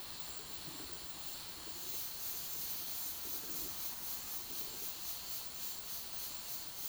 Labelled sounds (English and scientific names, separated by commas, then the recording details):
none
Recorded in dense forest near Puerto Asís, Putumayo, Colombia, on 21 February 2024 at 13:30
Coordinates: 0.502, -76.326
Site G6460